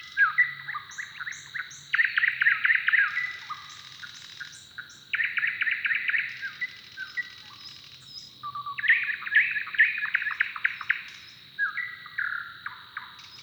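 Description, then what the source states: Bird song in bursts of rapid buzzy trills and slurred whistles, phrases repeated every few seconds over a constant thin high tone. Song duel between neighbouring males.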